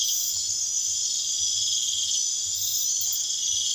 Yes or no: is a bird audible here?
no